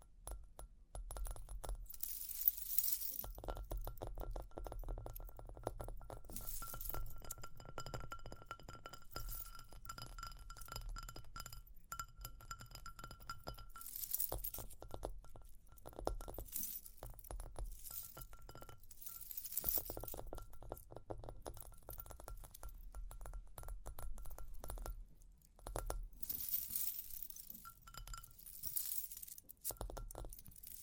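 Soft tapping and scratching run throughout, with glassy clinks and jingles, and brighter hissy scraping bursts around 3, 7, 14, 19 and 26 seconds.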